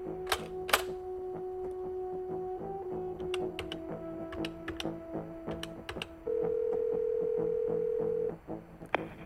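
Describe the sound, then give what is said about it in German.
After the other party hangs up, a steady electronic telephone tone hums through the line, broken by sharp clicks and clatter, then a louder, purer single-pitch tone holds for about two seconds before cutting off with a final click. “Diese Telefonverbindung ist ab jetzt für dich nicht mehr zugänglich.”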